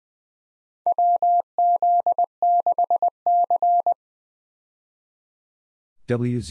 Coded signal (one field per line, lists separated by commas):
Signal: Morse code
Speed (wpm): 21 wpm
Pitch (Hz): 700 Hz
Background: none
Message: WZ6C